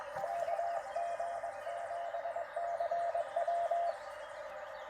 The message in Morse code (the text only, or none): KG7CW